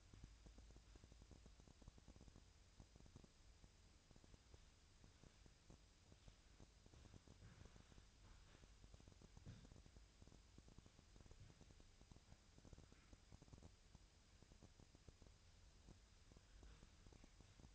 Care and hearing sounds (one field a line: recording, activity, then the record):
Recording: daily activity, microphone in the room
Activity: wipe stove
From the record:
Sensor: 2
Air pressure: 1001.5 hPa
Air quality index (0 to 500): 225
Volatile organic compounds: 24 ppm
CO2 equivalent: 2824 ppm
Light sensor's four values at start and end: 7/26/10/9 and 7/26/10/9